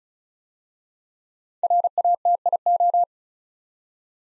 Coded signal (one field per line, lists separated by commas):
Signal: Morse code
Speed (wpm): 36 wpm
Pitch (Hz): 700 Hz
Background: none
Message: RATIO